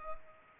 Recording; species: mosquito wingbeat signal from an infrared sensor; Culex pipiens